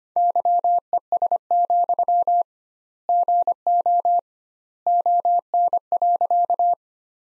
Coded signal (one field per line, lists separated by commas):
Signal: Morse code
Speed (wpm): 25 wpm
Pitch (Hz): 700 Hz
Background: none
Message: YES, GO ON.